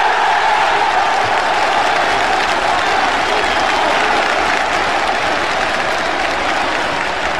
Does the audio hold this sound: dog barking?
no